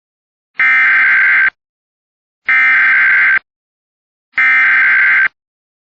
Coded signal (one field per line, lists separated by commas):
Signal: Emergency Alert System (SAME) tones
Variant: header bursts